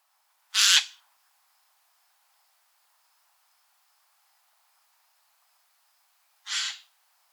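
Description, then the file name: Eurasian jay giving two harsh, rasping screeches about six seconds apart, with quiet in between. "Garrulus glandarius"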